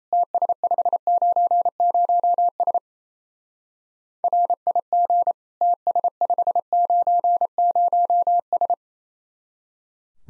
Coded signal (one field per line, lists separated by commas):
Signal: Morse code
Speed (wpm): 35 wpm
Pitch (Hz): 700 Hz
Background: none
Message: TS590S RIG TS590S